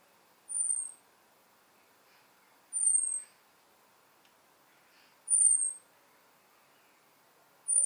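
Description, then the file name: European robin giving thin, very high, slightly falling seeps, each about half a second long, repeated roughly every two and a half seconds; four calls over a quiet background, the last cut off. "Erithacus rubecula"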